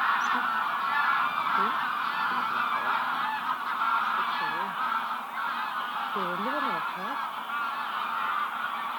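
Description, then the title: Goose: flock of geese honking steadily in a dense chorus, with several lower, wavering calls standing out, most clearly near the end. "gansos"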